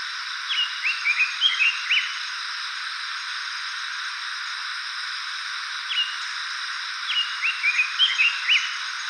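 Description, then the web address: Blue rock thrush giving two bursts of short, quick whistled notes, several seconds apart, over a steady hiss of background noise. Recorded 13 September 2013. "birdenaga isohiyodori 130913"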